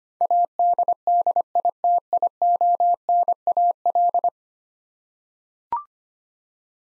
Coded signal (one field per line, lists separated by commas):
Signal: Morse code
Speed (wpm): 25 wpm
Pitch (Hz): 700 Hz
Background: none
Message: ADDITIONAL